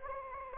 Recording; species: mosquito wingbeat signal from an infrared sensor; Anopheles arabiensis